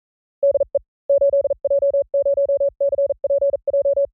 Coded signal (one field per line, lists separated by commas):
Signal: Morse code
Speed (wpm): 42 wpm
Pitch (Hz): 560 Hz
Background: none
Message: DE 8J0CPJ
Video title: Morse CW Training JP Random Callsign Speed from 35 to 45 WPM 300 Calls Sampling Rate 44100